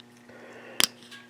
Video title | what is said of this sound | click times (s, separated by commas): Kawasaki KX 125 engine build Top end Assembly | click just like that | 0.8 s